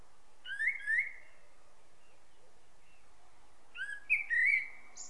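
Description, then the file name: Common blackbird calling in two short bursts of clear whistled notes with sharp chirps, the first near the start and the second about three seconds later, over quiet background hiss. "Turdus merula"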